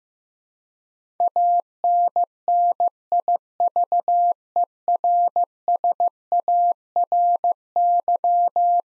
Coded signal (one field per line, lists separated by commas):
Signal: Morse code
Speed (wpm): 16 wpm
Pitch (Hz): 700 Hz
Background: none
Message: ANNIVERSARY